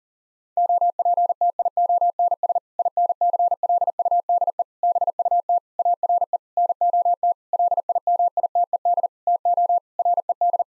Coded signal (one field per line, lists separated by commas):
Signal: Morse code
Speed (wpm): 40 wpm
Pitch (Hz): 700 Hz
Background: none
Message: OPTIONS INCLUDE BUT ARE NOT LIMITED TO RED